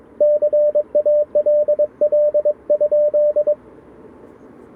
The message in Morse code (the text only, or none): CALL?